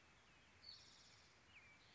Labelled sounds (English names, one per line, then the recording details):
Spotted Towhee
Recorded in Sonoma County, California